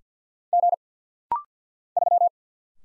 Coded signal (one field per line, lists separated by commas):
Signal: Morse code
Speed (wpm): 48 wpm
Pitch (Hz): 700 Hz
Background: none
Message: G 3